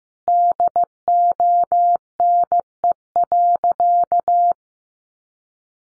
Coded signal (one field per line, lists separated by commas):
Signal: Morse code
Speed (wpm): 15 wpm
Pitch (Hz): 700 Hz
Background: none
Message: DONE.